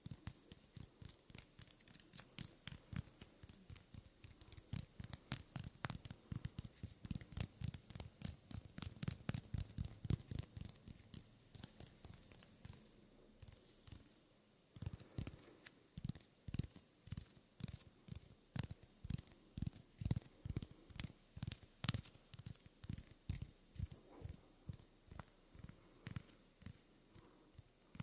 Soft Hand Sounds & Movements Skin Sounds Up-Close Breathing